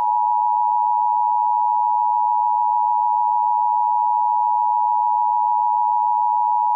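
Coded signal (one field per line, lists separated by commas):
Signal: Emergency Alert System (SAME) tones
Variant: 853 and 960 Hz attention tone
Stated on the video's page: Mock, non-canon fictional Emergency Action Notification.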